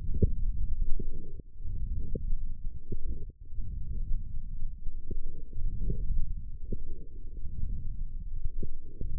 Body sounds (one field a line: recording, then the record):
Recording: forearm muscle sounds (acoustic myography)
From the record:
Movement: forearm supination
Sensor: system 1, eight BSWA MPA416 microphones around the upper forearm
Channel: 6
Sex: male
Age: 20 years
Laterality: left